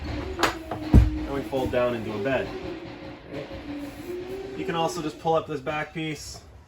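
Someone talks while pulling up the back section of the sofa bed in a 2021 Avenger 27RKS RV, working its back rest ratchet hinge, with short handling knocks near 0.4 s and 0.7 s. The clip ends before the ratchet latch clicks into a set position, so nothing has seated or clicked yet.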